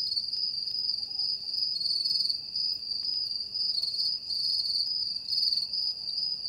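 Cicada call, a steady high-pitched buzzing drone with faint pulsing swells, continuous throughout.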